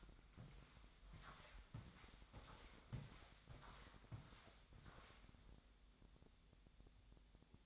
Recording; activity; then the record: daily activity, microphone in the room; walk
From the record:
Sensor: 3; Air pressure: 1000.5 hPa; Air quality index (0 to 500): 162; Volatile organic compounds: 3 ppm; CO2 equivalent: 1417 ppm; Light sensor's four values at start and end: 16/42/17/18 and 16/42/17/18